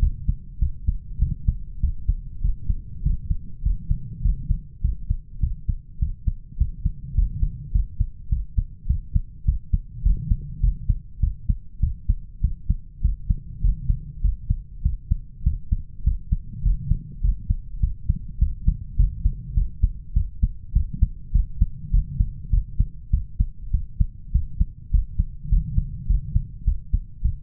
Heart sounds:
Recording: heart sounds by stethoscope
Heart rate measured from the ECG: 101 bpm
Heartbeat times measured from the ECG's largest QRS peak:
0.02 s: heartbeat
0.61 s: heartbeat
1.21 s: heartbeat
1.82 s: heartbeat
2.43 s: heartbeat
3.05 s: heartbeat
3.65 s: heartbeat
4.24 s: heartbeat
4.84 s: heartbeat
5.42 s: heartbeat
6.01 s: heartbeat
6.60 s: heartbeat
7.17 s: heartbeat
7.74 s: heartbeat
8.31 s: heartbeat
8.89 s: heartbeat
9.47 s: heartbeat
10.05 s: heartbeat
10.63 s: heartbeat
11.22 s: heartbeat
11.82 s: heartbeat
12.43 s: heartbeat
13.04 s: heartbeat
13.63 s: heartbeat
14.24 s: heartbeat
14.85 s: heartbeat
15.46 s: heartbeat
16.06 s: heartbeat
16.65 s: heartbeat
17.24 s: heartbeat
17.82 s: heartbeat
18.41 s: heartbeat
18.99 s: heartbeat
19.56 s: heartbeat
20.16 s: heartbeat
20.75 s: heartbeat
21.34 s: heartbeat
21.93 s: heartbeat
22.53 s: heartbeat
23.13 s: heartbeat
23.73 s: heartbeat
24.34 s: heartbeat
24.93 s: heartbeat
25.52 s: heartbeat
26.09 s: heartbeat
26.67 s: heartbeat
27.24 s: heartbeat
From the record:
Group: healthy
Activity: cold pressor test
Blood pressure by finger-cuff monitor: 142/93 mmHg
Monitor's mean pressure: 111 mmHg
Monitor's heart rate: 101 bpm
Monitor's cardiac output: 7.5 L/min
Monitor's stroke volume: 73 mL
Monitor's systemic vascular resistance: 1080 dyn s/cm5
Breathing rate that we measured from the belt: 19 breaths a minute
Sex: male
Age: 21 years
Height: 175 cm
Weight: 72.6 kg

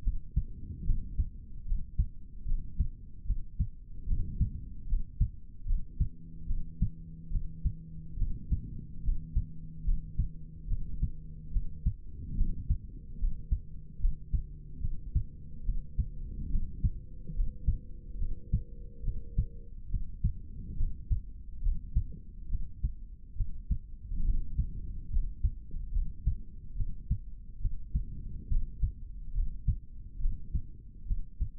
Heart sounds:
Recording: heart sounds by stethoscope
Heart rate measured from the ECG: 72 bpm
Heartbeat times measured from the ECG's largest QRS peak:
0.02 s: heartbeat
0.85 s: heartbeat
1.65 s: heartbeat
2.45 s: heartbeat
3.25 s: heartbeat
4.06 s: heartbeat
4.87 s: heartbeat
5.66 s: heartbeat
6.47 s: heartbeat
7.30 s: heartbeat
8.17 s: heartbeat
9.02 s: heartbeat
9.84 s: heartbeat
10.67 s: heartbeat
11.51 s: heartbeat
12.36 s: heartbeat
13.18 s: heartbeat
13.99 s: heartbeat
14.80 s: heartbeat
15.64 s: heartbeat
16.49 s: heartbeat
17.34 s: heartbeat
18.18 s: heartbeat
19.03 s: heartbeat
19.89 s: heartbeat
20.76 s: heartbeat
21.62 s: heartbeat
22.49 s: heartbeat
23.35 s: heartbeat
24.24 s: heartbeat
25.10 s: heartbeat
25.92 s: heartbeat
26.75 s: heartbeat
27.60 s: heartbeat
28.48 s: heartbeat
29.33 s: heartbeat
30.19 s: heartbeat
31.06 s: heartbeat
From the record:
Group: healthy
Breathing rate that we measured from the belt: 15 breaths a minute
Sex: male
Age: 55 years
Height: 167 cm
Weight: 57.2 kg

